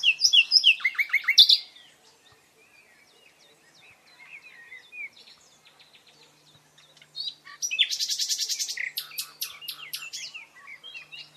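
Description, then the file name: Common nightingale song: loud rapid rattling phrases, a quiet patch of scattered soft notes, then a dense buzzy trill followed by varied chirps. "Luscinia megarhynchos"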